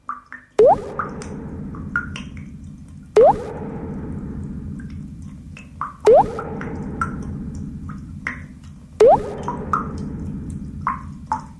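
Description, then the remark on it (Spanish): A faucet drips steadily, with four loud water drops landing about every three seconds. Each one is a sharp plop with a quick rising ring, over a low hum and fainter splashes in between. “Espacio cedido por el colectivo La Tribu para que veas gotear la canilla.”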